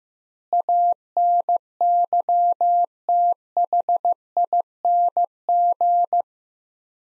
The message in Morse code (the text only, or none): ANYTHING